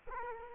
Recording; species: mosquito wingbeat signal from an infrared sensor; Culex quinquefasciatus